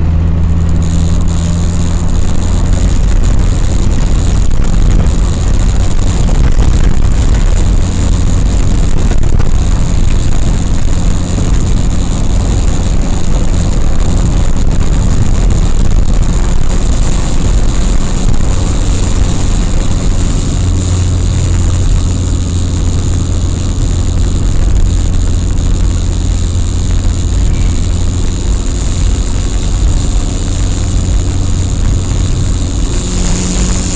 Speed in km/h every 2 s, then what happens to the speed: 71, 73, 74, 74, 74, 74, 73, 73, 76, 76, 74, 73, 73, 73, 75, 75, 76.
0-27 steady at about 73.